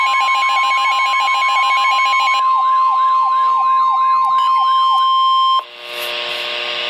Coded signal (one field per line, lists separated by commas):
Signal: Emergency Alert System (SAME) tones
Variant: 1050 Hz attention tone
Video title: Tornado Warning - 05/12/14 (EAS #671)